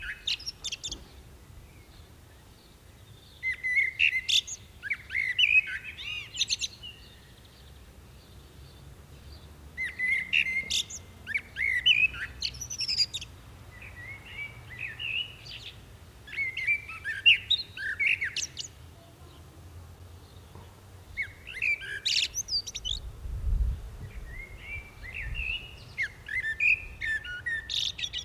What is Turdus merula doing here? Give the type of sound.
song